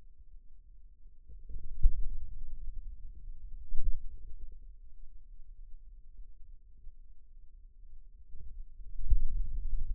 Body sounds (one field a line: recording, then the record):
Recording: forearm muscle sounds (acoustic myography)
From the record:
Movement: pen grasping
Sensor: system 2, bracelet of six BSWA MPA416 microphones around the upper forearm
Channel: 2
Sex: male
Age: 22 years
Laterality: right